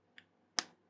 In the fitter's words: Did you hear that snapping in then?